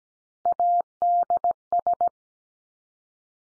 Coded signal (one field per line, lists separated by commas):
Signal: Morse code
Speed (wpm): 17 wpm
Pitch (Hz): 700 Hz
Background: none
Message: ADS